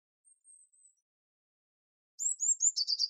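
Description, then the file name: Eurasian blue tit calling: faint thin high notes, then a run of high whistled slurred notes and a quick series of scratchy, buzzy churring bursts. "Cyanistes caeruleus"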